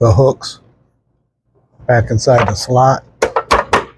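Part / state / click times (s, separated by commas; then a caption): bezel assembly into fountain soda dispenser front / seated / 3.5 s. Someone talks while the hooks of a replacement plastic bezel assembly are set into the slots on the front of a Lancer dual pour fountain soda dispenser and the bezel is pressed in. A series of short, sharp knocks follows, and the bezel pops into place with a click at 3.5 s, seated.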